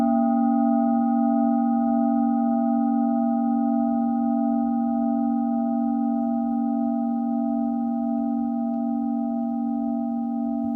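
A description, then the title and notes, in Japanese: A singing bowl hums in one long unbroken ring, a low steady tone with clear overtones above, fading only slightly across the clip. 深夜のメキシコから シンギングボウルのサウンドヒーリング ライブ。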